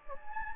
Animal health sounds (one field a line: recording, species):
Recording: mosquito wingbeat signal from an infrared sensor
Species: Anopheles gambiae